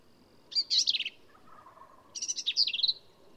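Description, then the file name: Black-capped vireo giving two bursts of quick, rasping and whistled notes over a noisy background, with a fainter lower sound between them. "Black-capped Vireo"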